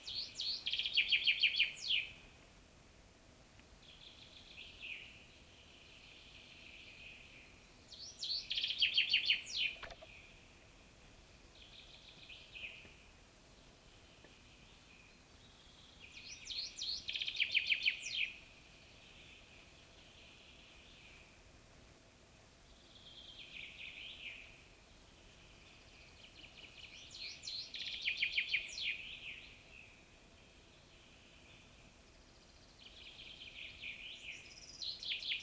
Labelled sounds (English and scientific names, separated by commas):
Common Chaffinch (Fringilla coelebs) song